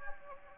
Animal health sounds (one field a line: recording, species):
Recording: mosquito wingbeat signal from an infrared sensor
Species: Anopheles gambiae